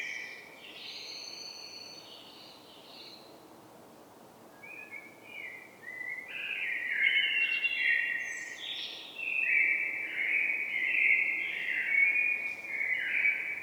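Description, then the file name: Common blackbird song: a high twittering start, then a long run of rich, fluty warbled phrases with sliding notes and scratchy high accents, over faint hiss. "Turdus merula"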